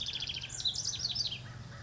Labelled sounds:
House Wren (Troglodytes aedon)
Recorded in Sonoma County, California

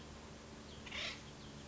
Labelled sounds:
Acorn Woodpecker (Melanerpes formicivorus)
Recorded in Sonoma County, California

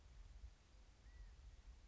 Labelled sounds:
California Quail (Callipepla californica)
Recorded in Sonoma County, California

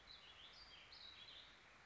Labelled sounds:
Warbling Vireo (Vireo gilvus)
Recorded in Sonoma County, California

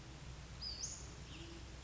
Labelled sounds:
Western Flycatcher (Empidonax difficilis)
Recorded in Sonoma County, California

